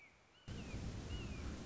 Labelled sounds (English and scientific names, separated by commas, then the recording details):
Red-shouldered Hawk (Buteo lineatus)
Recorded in Sonoma County, California